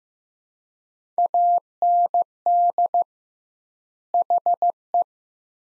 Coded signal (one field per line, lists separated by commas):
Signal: Morse code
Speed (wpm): 15 wpm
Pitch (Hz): 700 Hz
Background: none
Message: AND HE